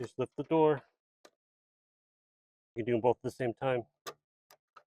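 Someone talks while, with the retaining door of a 3D-printed trailer camera adapter housing lifted, coax camera cable connectors are pulled out of their sockets in a GM Sierra / Silverado trailer camera hack kit. A sharp tick at 4.1 s marks one connector popping out and being released, with fainter ticks at 1.3 s, 4.5 s and 4.8 s.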